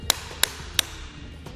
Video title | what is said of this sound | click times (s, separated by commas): How Does the Yakima RidgeLine Roof Rack for Flush Rails Fit on a 2015 Volkswagen Golf SportWagen? | it's torqued down properly we're going to be listening for three clicks now | 0.1 s, 0.4 s, 0.8 s